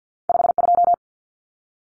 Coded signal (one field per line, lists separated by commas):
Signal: Morse code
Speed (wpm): 50 wpm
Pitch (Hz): 700 Hz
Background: none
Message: 52